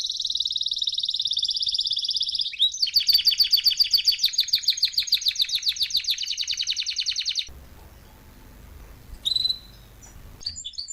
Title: Canary Training 17 Esquente Seu Filhote E Canario Belga Em 30 Minutos Macho Cantando Muito